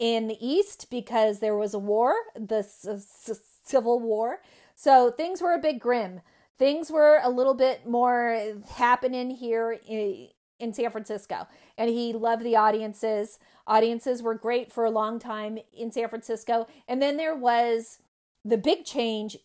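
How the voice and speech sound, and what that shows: An adult woman who has stuttered since age 8, for about 40 years, speaks in a mostly fluent, conversational way with several stretched sounds: a drawn-out vowel mid-word, held word endings and a brief restart of a phrase, each followed by short pauses. These are mild stuttering moments, prolongations and a repetition.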